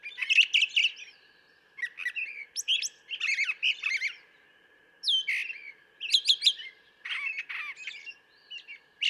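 Brown thrasher singing a rapid, varied run of scratchy and whistled phrases. The phrases come in short bursts with brief gaps, over a steady faint tone.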